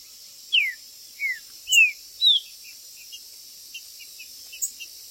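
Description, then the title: Green-winged saltator song: four clear descending whistled slurs in the first two and a half seconds, then softer scattered chirps, with a steady high hiss throughout. Chirping, singing and territorial calling in a contest. "TRINCA Piando, Cantando E Macheando Na DISPUTA"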